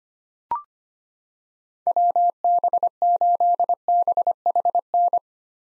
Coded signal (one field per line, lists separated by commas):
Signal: Morse code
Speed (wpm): 25 wpm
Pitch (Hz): 700 Hz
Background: none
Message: WB8BHN